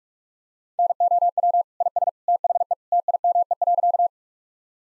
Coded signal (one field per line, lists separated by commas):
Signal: Morse code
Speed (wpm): 42 wpm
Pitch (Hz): 700 Hz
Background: none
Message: NOW IS THE TIME.